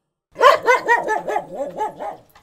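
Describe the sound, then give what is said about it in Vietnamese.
A dog at Mrs. Thu's house barks loudly near midnight in a rapid, steady string of about eight yelping barks, the first ones strongest and the rest slightly softer, with no one talking. “Gần nửa đêm, chó nhà bà Thu bỗng nhiên sủa inh ỏi.”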